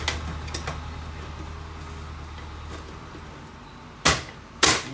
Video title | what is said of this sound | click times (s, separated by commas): HP LaserJet 1020 Plus Printer Disassemble Full Service - Paper Jaam - Printer Open & Repair in Hindi | देखिए lock हो गया है। | 0.5 s, 0.7 s